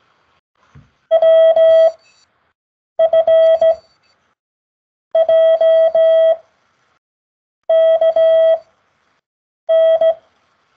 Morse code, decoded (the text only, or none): WFJKN